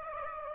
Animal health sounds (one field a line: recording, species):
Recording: mosquito wingbeat signal from an infrared sensor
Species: Aedes aegypti